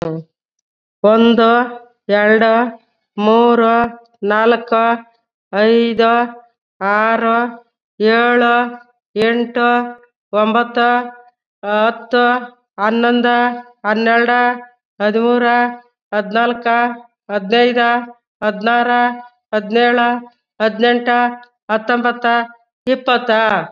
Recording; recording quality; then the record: counting at a fast pace; excellent, no background noise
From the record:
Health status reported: COVID-19 positive, mild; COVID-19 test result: positive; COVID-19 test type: RT-PCR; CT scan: not taken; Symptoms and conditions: cough, fever, fatigue, muscle pain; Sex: female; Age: 55 years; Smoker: no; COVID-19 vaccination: both doses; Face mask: not worn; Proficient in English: yes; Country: India